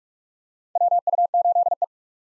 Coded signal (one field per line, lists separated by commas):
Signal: Morse code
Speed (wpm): 46 wpm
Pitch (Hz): 700 Hz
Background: none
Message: WU8E